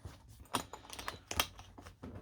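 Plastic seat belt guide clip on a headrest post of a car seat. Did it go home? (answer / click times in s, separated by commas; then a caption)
partly / 1.4 s. A plastic seat belt guide clip is pushed back down onto the headrest post of a car seat in a MK1 Audi TT (8N). Several small, sharp clicks are heard, with the loudest at 1.4 s. The clip only partly seats and is left standing a little proud, not fully home.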